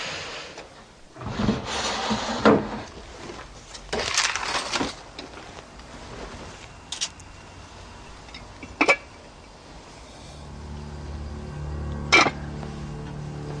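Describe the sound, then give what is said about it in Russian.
A drawer slides open, followed by rummaging: scraping and rubbing noises, then a couple of sharp, bright clinks as items knock together. There is no talking over it. “я в ящик загляну, можно?”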